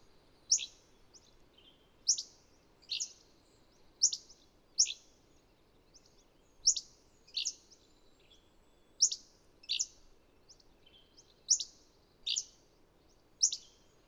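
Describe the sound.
Bird chirping, crisp high notes at uneven intervals, sometimes doubled, with a faint hiss throughout.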